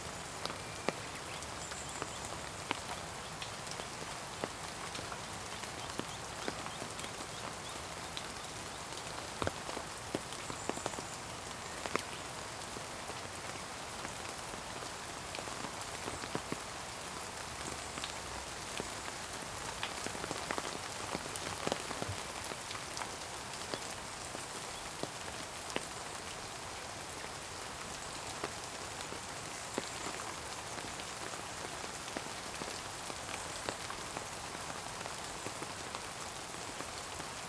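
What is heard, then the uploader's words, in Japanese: Steady rain patters on an umbrella beside a flowing river, a dense hiss of fine drops with brighter taps scattered throughout. 雨の多摩川。川の流れる音、しとしと降る雨音の5分間をどうぞ。今回は傘に当たる雨音をあえて入れてみました。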